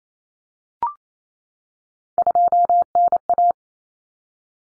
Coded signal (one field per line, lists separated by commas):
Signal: Morse code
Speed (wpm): 28 wpm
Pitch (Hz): 700 Hz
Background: none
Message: 2NA